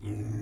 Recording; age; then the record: pig call; weaner (32 to 43 days)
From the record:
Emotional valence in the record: negative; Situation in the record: negative conditioning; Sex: female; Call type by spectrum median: low-frequency call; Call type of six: low-frequency stable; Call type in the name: low-frequency stable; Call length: 0.42 s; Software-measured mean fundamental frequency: 54 Hz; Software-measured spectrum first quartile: 105 Hz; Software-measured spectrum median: 171 Hz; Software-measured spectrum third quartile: 378 Hz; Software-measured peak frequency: 105 Hz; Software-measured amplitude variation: 101 dB a second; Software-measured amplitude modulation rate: 17.8 a second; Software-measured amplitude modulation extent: 5.7 dB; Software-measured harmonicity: -5.5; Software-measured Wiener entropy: -0.26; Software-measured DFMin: 718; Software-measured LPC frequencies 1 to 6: 267, 2069, 3414, 4732, 5885, 6586 Hz